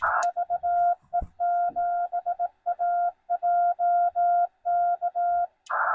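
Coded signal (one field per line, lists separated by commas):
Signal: Morse code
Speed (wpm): 17 wpm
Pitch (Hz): 700 Hz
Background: none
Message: VE7AJK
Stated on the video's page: CW POTA activation by a newcomer calling CQ POTA on 20 metres, Yaesu FT-891 at 20 watts into a 17-foot telescoping whip, battery powered.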